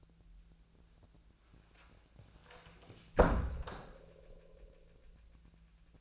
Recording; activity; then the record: daily activity, microphone in the room; close door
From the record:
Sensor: 2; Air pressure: 1000.3 hPa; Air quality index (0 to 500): 170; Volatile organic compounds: 3 ppm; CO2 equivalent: 1414 ppm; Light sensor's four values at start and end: 10/25/10/11 and 10/24/10/11